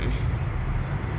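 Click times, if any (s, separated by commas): none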